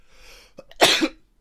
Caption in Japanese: 「コロナです」って言われて。 ごめん、まだ咳が出るんだよ。咳って結構残るよね。